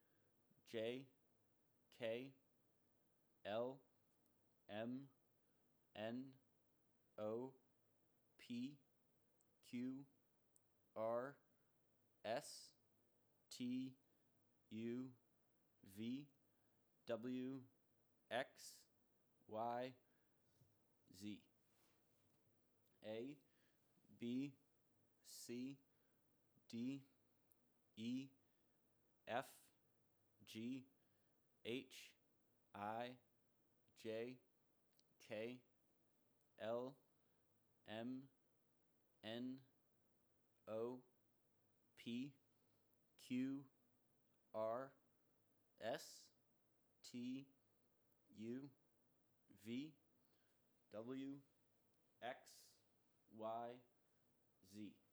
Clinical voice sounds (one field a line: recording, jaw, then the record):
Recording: letters of the alphabet, spoken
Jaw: free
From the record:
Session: first day, before the bite bar